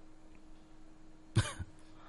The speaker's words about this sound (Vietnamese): Hơi mệt, tại vì đang bị ho. Vừa đọc thỉnh thoảng phải dừng lại ho phát. Cũng may là có nhạc nền khéo léo đẩy nó lên thì sẽ ho được.